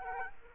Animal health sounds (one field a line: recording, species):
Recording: mosquito wingbeat signal from an infrared sensor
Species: Aedes aegypti